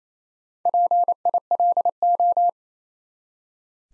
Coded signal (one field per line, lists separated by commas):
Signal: Morse code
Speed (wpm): 28 wpm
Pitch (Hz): 700 Hz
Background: none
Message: PILO